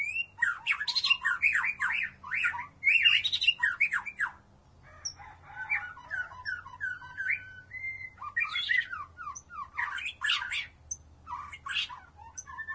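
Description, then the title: White-rumped shama song, varied bursts of rapid, sweeping whistles and chattering notes in dense phrases, pausing briefly midway, with a faint low hum underneath. "Burung Campur. Murai Batu"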